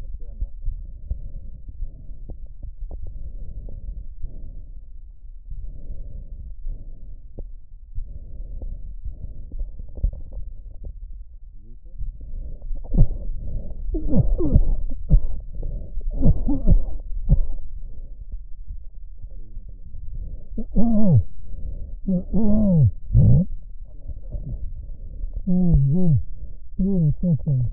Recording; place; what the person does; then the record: lung sounds by stethoscope; left posterior apical chest; quiet breathing, then cough and speech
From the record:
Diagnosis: COPD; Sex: male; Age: 75 years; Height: 182 cm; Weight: 98 kg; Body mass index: 29.6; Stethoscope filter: extended mode